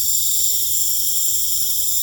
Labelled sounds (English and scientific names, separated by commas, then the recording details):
none
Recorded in pastures near Puerto Asís, Putumayo, Colombia, on 26 December 2024 at 20:30
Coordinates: 0.496, -76.326
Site G004